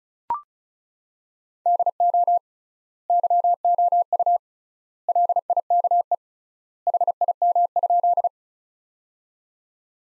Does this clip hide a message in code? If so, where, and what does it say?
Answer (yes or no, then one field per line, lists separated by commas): yes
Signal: Morse code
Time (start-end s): 1.7-8.3 s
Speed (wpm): 34 wpm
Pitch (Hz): 700 Hz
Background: none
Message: DO YOU LIKE HIM?